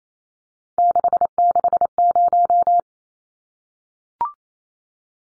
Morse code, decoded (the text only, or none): 660